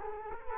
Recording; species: mosquito wingbeat signal from an infrared sensor; Culex quinquefasciatus